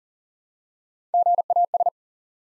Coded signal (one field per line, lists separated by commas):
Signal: Morse code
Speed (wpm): 42 wpm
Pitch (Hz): 700 Hz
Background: none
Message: GAS